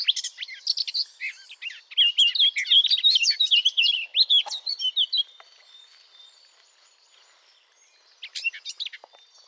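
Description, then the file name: Eurasian blackcap song: a fast, loud jumbled warble for about five seconds, a quiet pause, then a brief burst of warbling resumes near the end. "Sylvia atricapilla"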